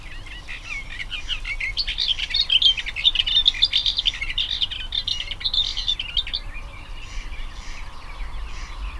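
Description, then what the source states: Booted Warbler song: a fast, continuous babbling warble of high scratchy notes lasting about five seconds, with a steady low background hiss. Male, longer song verse, recorded 13 June 2021.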